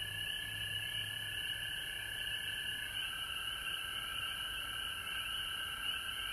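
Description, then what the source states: Overlapping frog trills in a dense chorus, the lower tone shifting slightly in pitch near three seconds, over a continuous high hiss. Recorded at home in Georgia on March 19, 2020.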